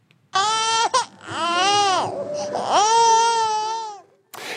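An infant cries in two long, clear, tuneful wails with a brief catch of breath between them, lasting about four seconds in a quiet room. The melody rises and falls in arcs, a Mandarin cry whose melody and inflections are shaped by the accent of its primary caregiver.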